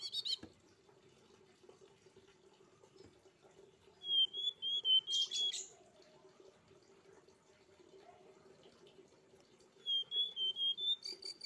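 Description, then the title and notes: Streaked spiderhunter song: short runs of whistled notes separated by several seconds of near silence, with a short buzzy burst and a faint hum. Training (masteran) recording for cage birds; bird described as singing actively (gacor), clear and long. "Pijantung Gunung Gacor Jernih Panjang. Masteran burung"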